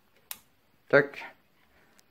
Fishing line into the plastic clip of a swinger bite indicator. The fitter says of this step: Voilà, vous voyez, c'est clipsé dans le truc.